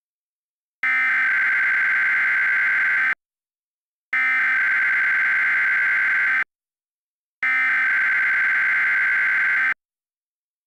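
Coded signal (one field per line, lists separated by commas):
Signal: Emergency Alert System (SAME) tones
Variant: header bursts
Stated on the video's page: Fictional EAS scenario about a tornado hitting Memphis.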